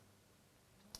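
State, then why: Seated. An SD memory card is pushed, sticker facing the back of the camera, into the card slot of a Canon SD770 IS compact camera until it latches. After a quiet lead-in, one sharp click sounds at 0.9 s. The card is seated.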